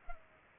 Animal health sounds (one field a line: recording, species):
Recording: mosquito wingbeat signal from an infrared sensor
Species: Culex pipiens